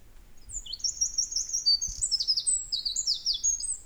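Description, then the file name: Eurasian wren song, a continuous high-pitched outpouring of rapid chattering trills and sharp whistled notes, shifting quickly between pitches, with faint low background rumble. "Troglodytes troglodytes"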